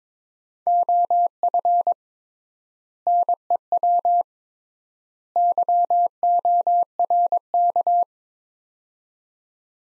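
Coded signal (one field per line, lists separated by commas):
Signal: Morse code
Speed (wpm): 22 wpm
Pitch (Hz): 700 Hz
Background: none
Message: OF NEW YORK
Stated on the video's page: Morse practice drill of three-word sets at 22 wpm with 3x word spacing, akin to Farnsworth.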